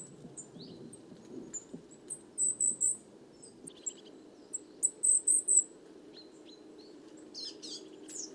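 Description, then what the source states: Coal tits giving thin, high seeps, some drawn out in short runs, with scattered softer notes and a low background hum. Wandering flock of more than 50 Coal tits, evening, 29 September 2019, Les Casses, Drôme, France; recorded in mono with a Wildtronic parabolic reflector, some handling noise.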